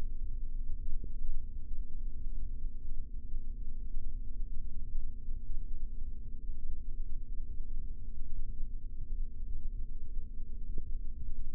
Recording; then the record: forearm muscle sounds (acoustic myography)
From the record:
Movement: rest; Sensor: system 3, bracelet of six PUI Audio POM-2738L microphones around the upper forearm, with dedicated amplification and filtering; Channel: 4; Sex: male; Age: 26 years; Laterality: right